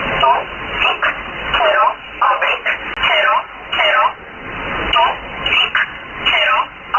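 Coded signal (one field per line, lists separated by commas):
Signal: numbers station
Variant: E11 Oblique, English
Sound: voice reading short words at a steady pace over narrow-band radio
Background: radio static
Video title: 30 07 2018 E11 Oblique Numbers station in English to Eu 0745 on 9610 unknown tx site in USB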